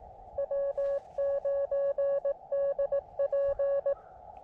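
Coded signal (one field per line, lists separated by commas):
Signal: Morse code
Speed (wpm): 23 wpm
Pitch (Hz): 590 Hz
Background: none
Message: W9DP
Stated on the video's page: CW Parks On The Air activation with a KX2 in horrendous conditions, later using a better antenna.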